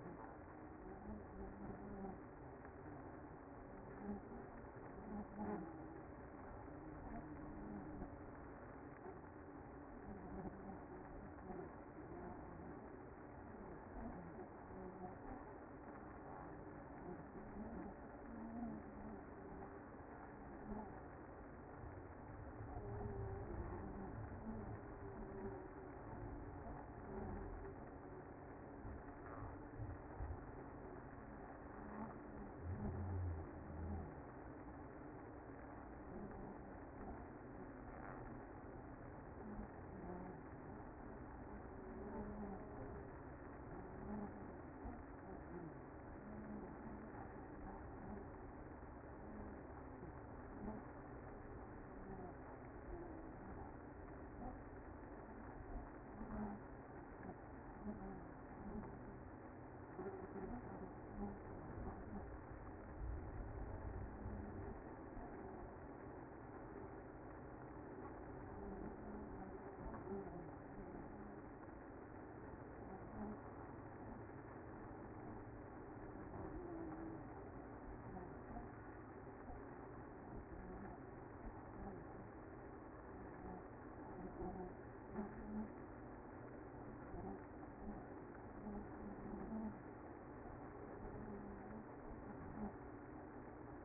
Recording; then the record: honeybee colony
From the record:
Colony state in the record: active